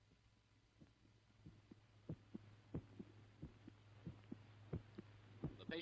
A new apparatus makes its appearance. The invention, which for short is called the phonostethograph. It's the result of 3 years' research at the hospital, and it's designed to record on a disc the actual heart sounds for purposes of diagnosis and future reference. The patients are actually listening. To the echoes of their own hearts.